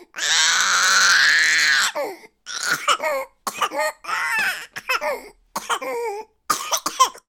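A 9-month-old baby crying in frustration: a sustained, high-pitched wail of nearly two seconds is followed by about eight short, uneven bursts of crying broken by coughs, with coughing mixed into the fussy crying.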